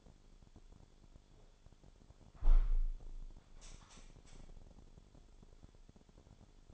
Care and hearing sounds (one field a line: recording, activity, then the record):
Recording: daily activity, microphone in the room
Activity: close window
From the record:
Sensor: 5